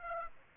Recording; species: mosquito wingbeat signal from an infrared sensor; Aedes aegypti